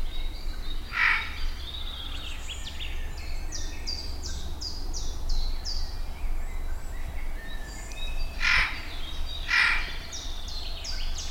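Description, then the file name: Eurasian jay giving three harsh, rasping screeches, one near the start and two close together near the end, while another bird repeats short high whistles in the background. "Garrulus glandarius"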